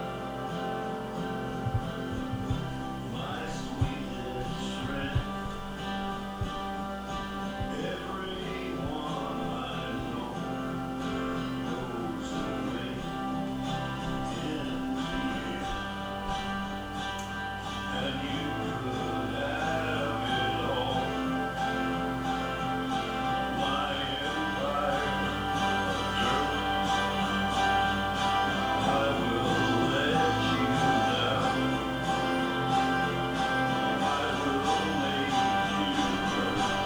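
Kitchen activity while a frozen pizza is cooked, with a steady mix of clatter and small knocks running through the whole stretch. A faint voice surfaces now and then, and a thin tone persists near the middle of the sound, with loudness fairly even throughout.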